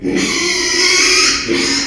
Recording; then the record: squeal of a Yucatan mini pig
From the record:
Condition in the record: after surgery on the right vocal fold (resection and tissue-engineered implant); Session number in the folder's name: 2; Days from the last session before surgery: 13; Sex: male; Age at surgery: 12 weeks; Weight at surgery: 13 kg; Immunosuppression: cyclosporine, prednisolone